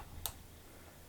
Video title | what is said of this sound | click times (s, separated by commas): 258 Camera Tutorial Part3 | you should hear a click | 0.3 s